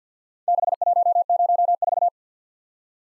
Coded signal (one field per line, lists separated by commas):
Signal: Morse code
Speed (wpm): 45 wpm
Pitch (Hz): 700 Hz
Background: none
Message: 6104